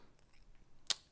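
A lens is inserted from the bottom into a filter adapter, with faint, quiet handling noise at first. A single loud, sharp snap comes at 0.9 s as the lens seats in the adapter.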